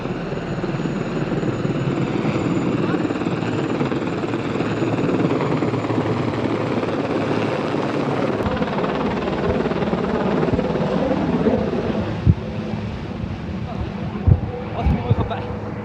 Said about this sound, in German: Jetzt kommt der Hubschrauber.